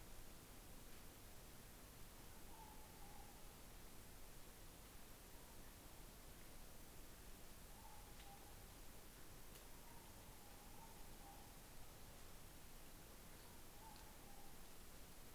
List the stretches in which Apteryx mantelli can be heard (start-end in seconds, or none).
none